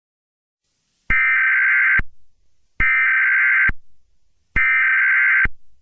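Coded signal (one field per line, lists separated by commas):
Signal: Emergency Alert System (SAME) tones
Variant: header bursts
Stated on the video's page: Fictional EAS scenario.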